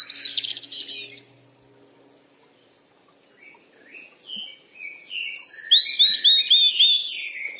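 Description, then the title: Birds calling: a buzzy burst at the start, a quiet pause, then scattered chirps building into a quick run of high slurred notes. Birds playing. "鸟儿嬉戏声"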